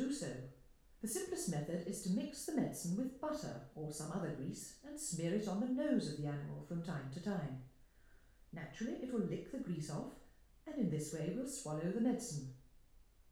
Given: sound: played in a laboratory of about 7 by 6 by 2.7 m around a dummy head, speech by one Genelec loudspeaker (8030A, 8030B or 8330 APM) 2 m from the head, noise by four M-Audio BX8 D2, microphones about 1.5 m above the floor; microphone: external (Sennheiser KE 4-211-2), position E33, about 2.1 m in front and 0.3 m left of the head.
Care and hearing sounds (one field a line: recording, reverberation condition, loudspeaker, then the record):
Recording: female speech in English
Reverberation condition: medium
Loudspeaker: 30 degrees to the right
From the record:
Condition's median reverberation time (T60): about 510 ms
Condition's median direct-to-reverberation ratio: about -0.5 dB